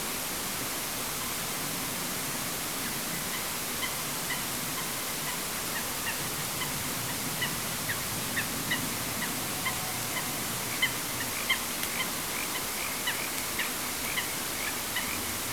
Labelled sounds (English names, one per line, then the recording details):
Eurasian Coot
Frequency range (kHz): Eurasian Coot 0.7-4.6 kHz
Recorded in France